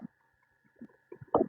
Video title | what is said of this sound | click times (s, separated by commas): ENGLAND LOTT Opening. Blind Boxes Opening. 70%off. 3idiots antique collection Allahabad. | इस तरह से आगे नोजल लग जाएगी। ये लॉक हो जाएगी। | 1.3 s